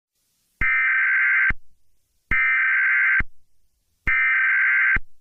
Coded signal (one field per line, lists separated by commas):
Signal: Emergency Alert System (SAME) tones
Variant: header bursts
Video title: The Birth of the Blood Moon Hero: An EAS Scenario with a Twist of Comedy (Read in Description)